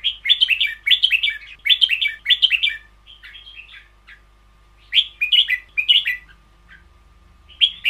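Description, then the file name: Red-whiskered bulbul singing: lively, warbled phrases of bright notes in rapid runs, with short pauses between bursts and a faint low hum underneath. Caged bird; song in the style called เบิ้ลยาว (long double). "เสียงนกกรง-เบิ้ลยาว"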